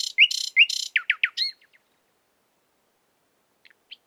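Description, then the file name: Common nightingale song: harsh buzzy notes alternating with whistles, then a few quick descending slurs and faint notes after a pause. "Luscinia megarhynchos"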